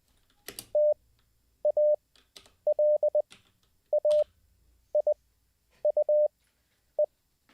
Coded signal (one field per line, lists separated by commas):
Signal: Morse code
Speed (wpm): 20 wpm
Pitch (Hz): 600 Hz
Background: none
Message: TALAIUE